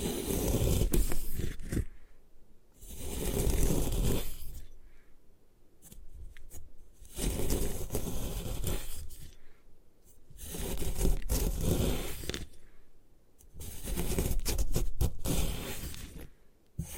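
Gym chalk being crushed and scraped in slow, rough strokes, each lasting a second or two, separated by short quiet gaps and occasional sharp ticks.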